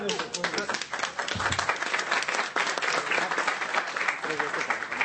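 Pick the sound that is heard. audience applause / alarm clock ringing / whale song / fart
audience applause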